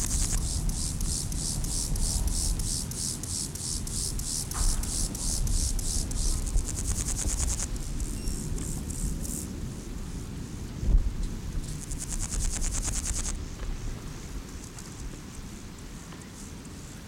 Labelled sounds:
Meadow Grasshopper (Chorthippus parallelus) stridulation
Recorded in the wild
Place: Blankenfelde, Tegeler Fließ, Berlin, DE
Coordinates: 52.625, 13.404
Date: 1992-08-16 11:20
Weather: sonnig - wolkig, 17-22°C
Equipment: Marantz CP 430, Sennheiser ME 80, Kopie Tesla B 116
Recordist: Tembrock, Günter

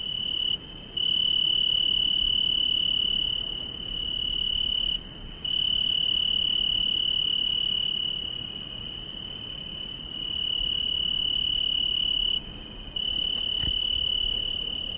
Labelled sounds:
Tree Cricket (Oecanthus pellucens) stridulation
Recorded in the wild
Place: Chania, Insel Kreta, GR
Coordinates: 35.5164, 24.0189
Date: 1996-10-09 19:17
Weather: 18°C, cloudy
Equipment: Sony MD-WM MZ-R3, Sennheiser MKH 416 T, Kopie Uher 4000 Report Monitor
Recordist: Tembrock, Günter

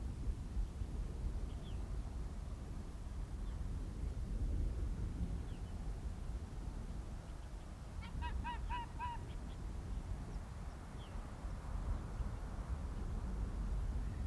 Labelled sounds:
Arctic Fox (Vulpes lagopus)
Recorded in the wild
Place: Insel Mednyi, Kommandeur-Inseln, RU
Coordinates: 54.5167, 168.083
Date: 1999-06-25 18:43
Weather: kaum Nebel, 5,5°C
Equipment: Sony WM-D6C, Sennheiser MKH 70, Windkorb, Kopie Tascam DA 30
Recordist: Frommolt, Karl-Heinz
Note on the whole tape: Südosten der Insel, Haupttal: Polarfuchs äußert Bellstrophen am Südgrat des Haupttales. Tier scheint zu hinken. Entfernung 300 - 400 m

